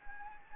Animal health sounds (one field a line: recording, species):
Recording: mosquito wingbeat signal from an infrared sensor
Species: Anopheles gambiae